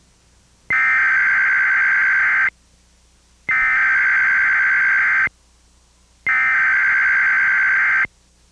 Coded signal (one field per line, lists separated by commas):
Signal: Emergency Alert System (SAME) tones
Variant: header bursts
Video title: EAS activation - 1157 AM - KPIX 5 CBS February 24, 2005